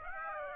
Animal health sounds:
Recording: mosquito wingbeat signal from an infrared sensor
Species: Aedes aegypti

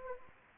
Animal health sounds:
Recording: mosquito wingbeat signal from an infrared sensor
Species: Anopheles arabiensis

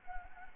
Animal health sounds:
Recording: mosquito wingbeat signal from an infrared sensor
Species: Anopheles gambiae

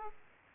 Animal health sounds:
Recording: mosquito wingbeat signal from an infrared sensor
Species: Aedes aegypti

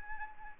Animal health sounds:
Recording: mosquito wingbeat signal from an infrared sensor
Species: Aedes albopictus

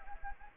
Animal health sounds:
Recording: mosquito wingbeat signal from an infrared sensor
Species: Anopheles gambiae

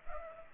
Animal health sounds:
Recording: mosquito wingbeat signal from an infrared sensor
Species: Culex pipiens

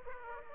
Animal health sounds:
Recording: mosquito wingbeat signal from an infrared sensor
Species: Aedes aegypti

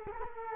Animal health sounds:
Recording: mosquito wingbeat signal from an infrared sensor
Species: Culex quinquefasciatus

